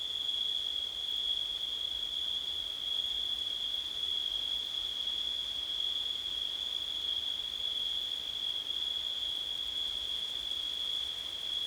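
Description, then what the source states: Crickets in one steady, unbroken high trill that holds without pause throughout, over a soft wash of background noise. Crickets on a windy September night.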